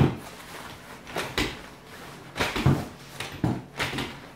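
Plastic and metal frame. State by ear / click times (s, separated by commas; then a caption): not seated / none. A side rail of an elephant portable travel cot is handled and pushed up toward its hinge lock, producing a series of knocks and rattles, with the sharpest at about 1.4 s and 3.2 s. Nothing has seated or clicked into the locked position yet.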